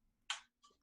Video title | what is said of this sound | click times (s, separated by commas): Ep 095 – Rovner Products-Fall 2020; Demo on the Van Gogh ligature | it locks in place | 0.3 s